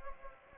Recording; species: mosquito wingbeat signal from an infrared sensor; Anopheles gambiae